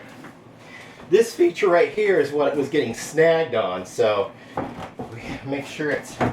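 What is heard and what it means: Someone talks while handling a shower surround wall panel against the shower base and adjacent panel after clearing the feature it was snagging on. A brief sharp knock sounds at about 4.6 s, but the panel has not seated or locked into place yet.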